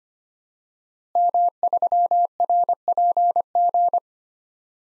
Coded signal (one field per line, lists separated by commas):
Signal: Morse code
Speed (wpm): 25 wpm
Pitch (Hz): 700 Hz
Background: none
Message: M3RPG